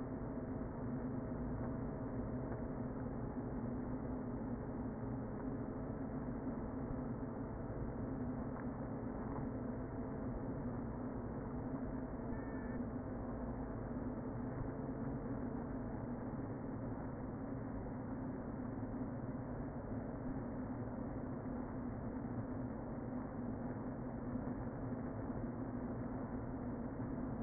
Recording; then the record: honeybee colony, microphone inside the hive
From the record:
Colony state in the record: queen present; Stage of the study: before two queens were removed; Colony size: about 60,000 bees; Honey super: yes